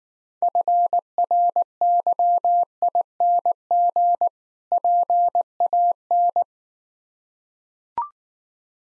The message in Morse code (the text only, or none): FRYING PAN